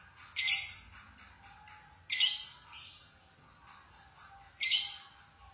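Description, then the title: Lovebird calls: three loud, harsh, high screeches spaced roughly two seconds apart, with faint softer chatter between them. "Suara Burung Lovebird"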